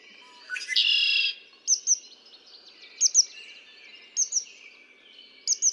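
Red-winged blackbird singing a short note followed by a harsh, buzzing trill, then sharp paired chirps repeating about once a second.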